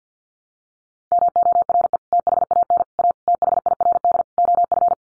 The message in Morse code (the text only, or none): MORE THAN A THIRD OF